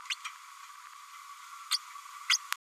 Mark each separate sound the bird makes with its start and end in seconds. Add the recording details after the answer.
0.09-0.15, 1.70-1.78, 2.30-2.38. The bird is a female. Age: 31 days. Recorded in a nest box in Venezuela. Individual 17B102A5